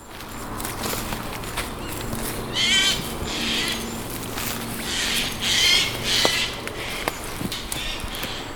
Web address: linnut narhi